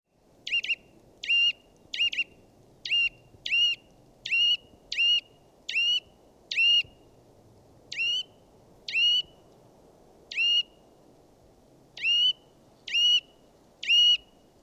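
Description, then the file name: Eurasian nuthatch calling: loud, clear whistled notes sliding down then levelling, repeated roughly once a second with a few gaps, over a low steady background rumble. "Sitta europaea"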